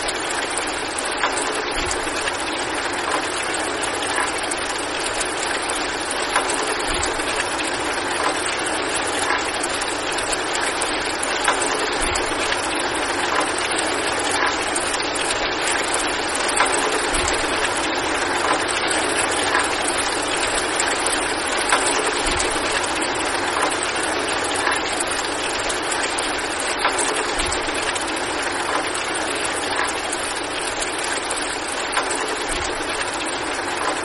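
A heavy downpour pours steadily throughout, a dense, unbroken hiss that sits mostly in the middle and upper range with little low rumble. The level barely changes, and scattered drops tick faintly through the wash every few seconds.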